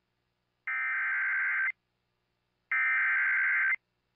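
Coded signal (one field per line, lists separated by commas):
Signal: Emergency Alert System (SAME) tones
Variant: header bursts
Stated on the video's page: NOAA Weather Radio alerts from Sioux Falls during a derecho.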